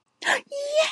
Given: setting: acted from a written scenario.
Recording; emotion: vocal sound without words; positive surprise